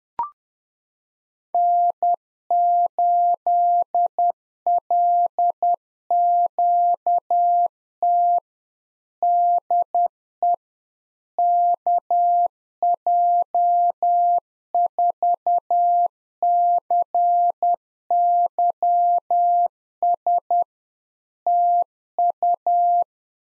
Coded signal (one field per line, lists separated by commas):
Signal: Morse code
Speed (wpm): 10 wpm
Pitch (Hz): 700 Hz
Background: none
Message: N8LQT DE KJ4CYS TU